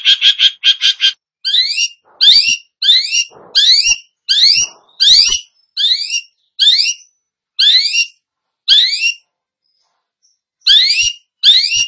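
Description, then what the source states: Long-tailed Shrike song: a fast opening trill, then a slurred high note repeated many times. Described as gacor, meaning singing vigorously and continuously.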